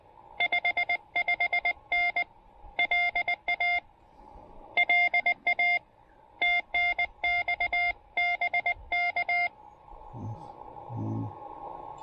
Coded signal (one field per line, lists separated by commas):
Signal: Morse code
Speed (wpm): 20 wpm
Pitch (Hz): 2100 Hz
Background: none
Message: 55N LA LA TNX BK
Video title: Picnic Blanket POTA: The TR-45L and two 28' wires...simple QRP fun in beautiful weather!